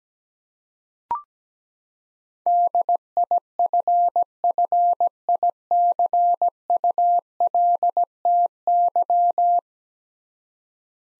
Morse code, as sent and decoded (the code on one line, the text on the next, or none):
-.. .. ..-. ..-. .. -.-. ..- .-.. - -.--
DIFFICULTY